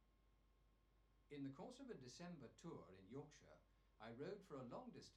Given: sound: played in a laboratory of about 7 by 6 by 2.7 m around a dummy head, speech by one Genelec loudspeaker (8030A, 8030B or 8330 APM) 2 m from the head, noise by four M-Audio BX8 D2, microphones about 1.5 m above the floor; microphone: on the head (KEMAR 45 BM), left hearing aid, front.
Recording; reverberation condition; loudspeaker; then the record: male speech in English; low; behind (180 degrees)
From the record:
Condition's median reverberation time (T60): about 310 ms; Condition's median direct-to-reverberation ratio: about 3.5 dB